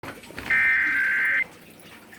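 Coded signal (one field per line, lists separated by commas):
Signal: Emergency Alert System (SAME) tones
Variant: header bursts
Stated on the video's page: Ohio required monthly test, received from fewer stations than usual, possibly due to delayed activation.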